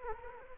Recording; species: mosquito wingbeat signal from an infrared sensor; Culex quinquefasciatus